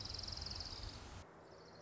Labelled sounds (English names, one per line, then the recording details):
Orange-crowned Warbler
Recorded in Sonoma County, California